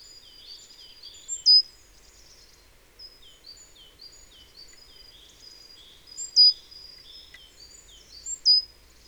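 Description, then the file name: Great tit calls: a busy stream of thin high notes, broken by three sharp, loud downslurred notes, in quiet surroundings. "Parus major"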